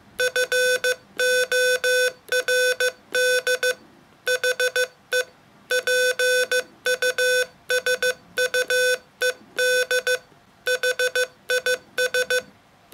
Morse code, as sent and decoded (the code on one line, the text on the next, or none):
..-. --- .-. -.. / .... . / .--. ..- ... ..- . -.. / .... .. ...
FORD HE PUSUED HIS